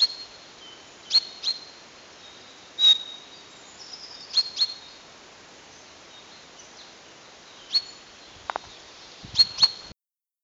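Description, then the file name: Common chaffinch calling with clipped high notes, some doubled, spaced irregularly over a soft background hiss, plus a couple of lower knocks near the end. "Fringilla coelebs"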